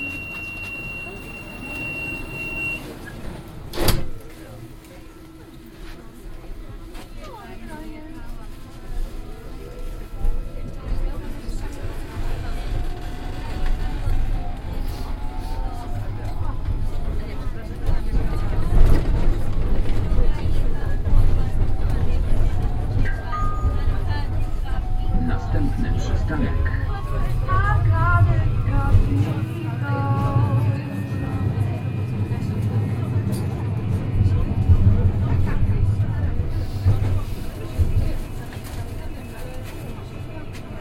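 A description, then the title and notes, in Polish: A ride aboard a tram, with passengers talking over a steady low rumble of the running car. A sharp knock sounds near four seconds, and the motor's rising and falling whine swells in the second half as the tram gathers speed, with squealing tones around thirty seconds. Lokalizacja: ulica Dyrekcyjna, Krzyki. Rekorder, mikrofon: Soundman OKMII (binauralne), Sony PCM D50. Autor nagrania: Bartosz Grzyb. Przejazd tramwajem Plus linii 32. Nagranie między przystankami Dworzec Autobusowy i Arkady Capitol.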